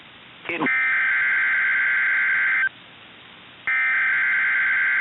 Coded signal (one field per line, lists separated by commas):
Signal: Emergency Alert System (SAME) tones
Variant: header bursts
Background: speech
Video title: (VALID TONES) EAS Tornado Watch for the Omaha Metro Area! (05/21/24)